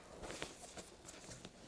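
A plastic buckle on a vest's chest strap is undone and releases with a sharp click at 0.4 s. Soft rustling and a few smaller taps surround it. The strap comes unclipped.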